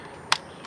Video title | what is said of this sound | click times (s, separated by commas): Umarex NXG Next Generation - 10 Round Mag! | Nice little click. | 0.3 s